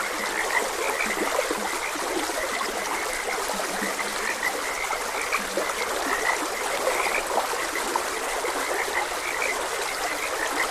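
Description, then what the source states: Frogs call in a busy overlapping chorus of short croaks, a few lower notes beneath, with stream water flowing throughout. Frogs croaking beside a gentle stream.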